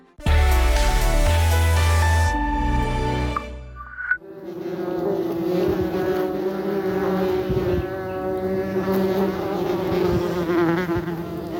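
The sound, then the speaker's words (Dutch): After a few seconds of music, a dense swarm of wasps and bumblebees buzzes around a hole in a meadow: a steady, overlapping drone of many wings, loud and unbroken, with no voices. “Hij zegt wespen, hommels, ze gingen in een gat in de wei, wellicht een mollengang.”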